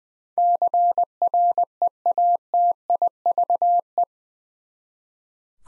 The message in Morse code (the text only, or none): CREATIVE